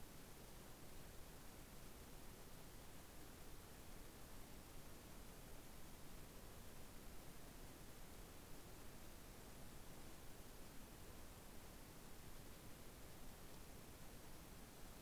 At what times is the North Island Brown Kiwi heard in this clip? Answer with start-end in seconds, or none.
none